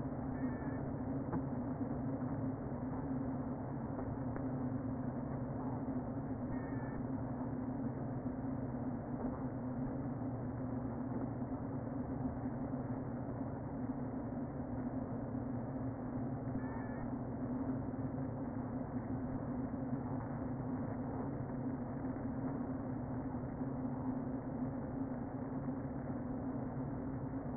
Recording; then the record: honeybee colony, microphone inside the hive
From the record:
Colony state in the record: queen present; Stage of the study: before two queens were removed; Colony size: about 60,000 bees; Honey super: yes